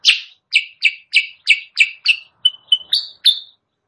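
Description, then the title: Sooty-headed bulbul song: a quick run of buzzy chirps, then a few thinner whistled notes and higher chirps closing the phrase. Chattering (gacor) song used as masteran, a training recording for caged birds, and as a pikat lure sound. "Masteran Kutilang Sutra. suara pikat kutilang sutra kutilang sutra gacor"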